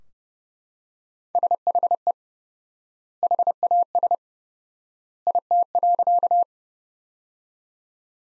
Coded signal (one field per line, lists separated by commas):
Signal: Morse code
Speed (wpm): 30 wpm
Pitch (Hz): 700 Hz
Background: none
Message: SHE HAS IT.